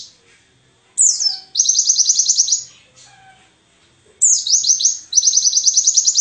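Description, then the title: White-eye song: two phrases, each opening with a falling high slur then a fast, even, buzzy trill lasting about a second. Forest white-eye song material (isian) for training songbirds (masteran). "mster Mnuk. Pleci ngalas isian untuk masteran"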